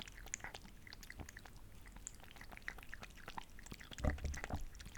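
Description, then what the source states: Cat lapping water, soft quick wet clicks and slurps in a steady run, with a few louder splashy laps near the end. Drinking water.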